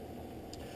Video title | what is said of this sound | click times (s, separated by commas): Rick's RayBan 2132 New Wayfarer color 874 with bifocal lenses | Again, I tuck at the outside corner, and using my thumbs, press down at the center. It snaps right in. | 0.5 s